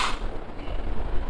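On a brush cutter handle, the throttle trigger is pressed and then the throttle lock button is pressed so the throttle will stay locked. A brief bright burst at the start gives way to steady low, rumbling handling noise. Nothing has seated or clicked yet; the lock has not latched by the end.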